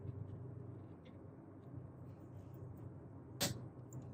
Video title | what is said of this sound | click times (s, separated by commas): R&R(Repair and Relax) Dorman Coolant Reservoir Replacement | hear that clicking noise and it comes off just like that | 3.9 s